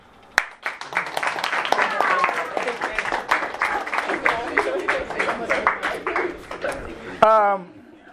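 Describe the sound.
An audience claps in a dense, rapid patter for about seven seconds, with scattered voices calling out underneath, before a single raised voice cuts in as the applause stops.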